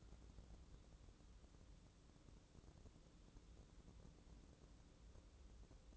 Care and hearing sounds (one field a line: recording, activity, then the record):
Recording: daily activity, microphone in the room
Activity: wipe stove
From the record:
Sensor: 3